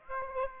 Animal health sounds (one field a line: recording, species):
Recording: mosquito wingbeat signal from an infrared sensor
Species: Aedes aegypti